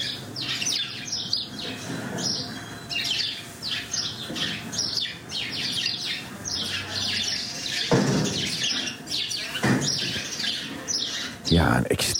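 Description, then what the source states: House sparrows in a lively chorus of overlapping chirps and chatters, with a few dull thumps and knocks. Many house sparrows in a stable full of horses in Katwijk; described as a very cosy sound.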